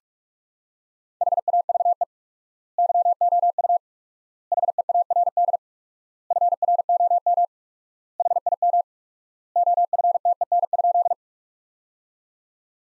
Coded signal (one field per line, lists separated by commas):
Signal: Morse code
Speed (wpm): 41 wpm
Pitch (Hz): 700 Hz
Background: none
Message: HAVE YOU HEARD FROM HIM OFTEN?